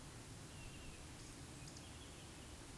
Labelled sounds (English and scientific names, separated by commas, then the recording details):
Eurasian Woodcock (Scolopax rusticola) whistle
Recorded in Baden-Württemberg, Germany, on 13 June 2021 at 20:09 UTC
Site 23718, 552 m above sea level